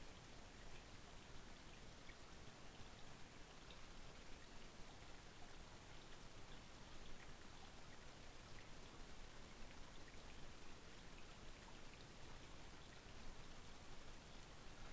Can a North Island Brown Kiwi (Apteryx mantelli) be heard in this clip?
no